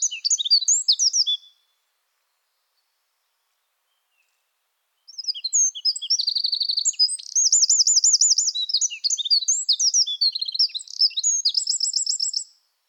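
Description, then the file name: Eurasian wren: a song ends, a few seconds of silence, then a long, energetic song of very high, rapid notes and rattling trills lasting over seven seconds. "Troglodytes troglodytes"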